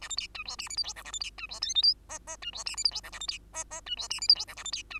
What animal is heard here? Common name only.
Bengalese Finch